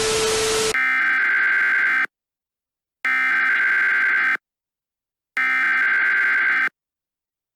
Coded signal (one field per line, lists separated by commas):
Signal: Emergency Alert System (SAME) tones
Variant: header bursts